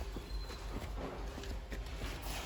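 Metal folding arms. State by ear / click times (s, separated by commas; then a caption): not seated / none. Folding support arms on a 2010 Puma travel trailer are handled as they are pulled back in toward their locked stowed position, after the rod has been stowed. Steady low rumble and scattered handling knocks fill the clip, with a brief sharper knock near 1.7 s. Nothing has seated or clicked yet.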